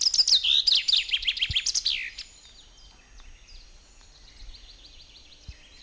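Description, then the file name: Common chaffinch song: a bright, rapid trill of notes sliding downward over about two seconds, closing with a sharp flourish, followed by faint bird notes. "Fringilla coelebs"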